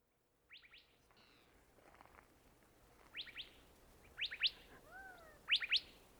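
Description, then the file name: Gambel's quail calls: short steep rising notes in clusters of two or three, plus a lower sliding whistle near the end, over a faint hiss. "Golosa ptic - SHlemonosnyj hohlatyj perepel Callipepla gambelii"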